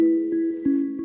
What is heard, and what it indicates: The ringing. You try to cover your ears with the palms of your hands... But it won’t go away. It doesn’t help. The ringing is inside you. Its generated in your brain. It’s not a real sound there is, it’s a phantom sound.